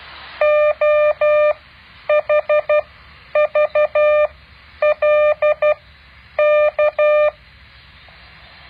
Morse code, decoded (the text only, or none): OHVLK